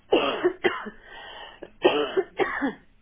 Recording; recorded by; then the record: voluntary cough; telephone call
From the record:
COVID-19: positive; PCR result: checked with the laboratory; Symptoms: yes